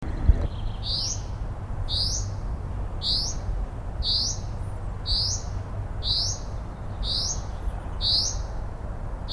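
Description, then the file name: Common chaffinch calling: a sharp, bright note repeated about once a second, eight times in a row, over a low steady rumble. "Fringilla coelebs"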